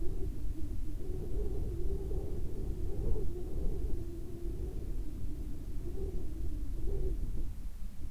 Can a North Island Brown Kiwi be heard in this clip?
no